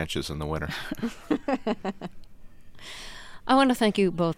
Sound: soundbite of laughter

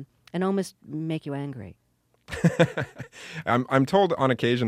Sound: laughs

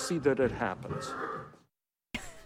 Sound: soundbite of horses whinnying; laughter

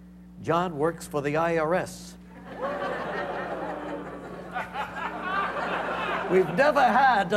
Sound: laughter

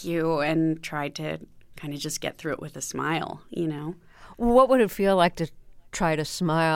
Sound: none

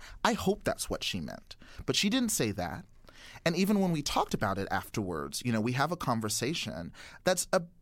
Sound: none

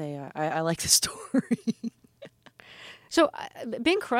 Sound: laughter

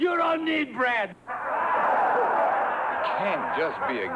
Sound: laughter

